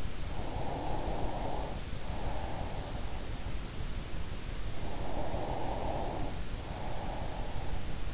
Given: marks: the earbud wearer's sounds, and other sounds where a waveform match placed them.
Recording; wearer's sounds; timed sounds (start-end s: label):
sounds in sleep by an in-ear microphone; breath
0.13-3.32 s: breath
4.52-8.13 s: breath